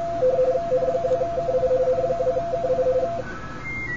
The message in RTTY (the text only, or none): N2KI N2KI